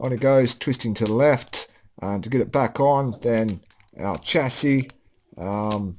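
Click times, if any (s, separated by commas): none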